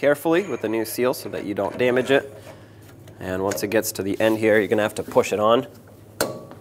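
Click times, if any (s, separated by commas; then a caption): 6.2 s. A rear wheel hub is slid carefully over the axle shaft of a 2003-2009 Dodge Ram 2500 truck, past the new axle seal, and pushed on at the end of its travel while someone talks. A sharp click at 6.2 s marks the hub seating home on the axle, and a faint tick follows.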